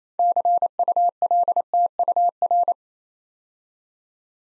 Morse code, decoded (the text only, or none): CULTUR